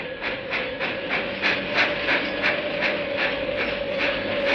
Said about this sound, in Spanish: Un único pasajero se apeó del tren en la estación de ferrocarril de Bramblehead.